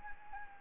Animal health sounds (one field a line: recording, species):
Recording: mosquito wingbeat signal from an infrared sensor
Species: Anopheles gambiae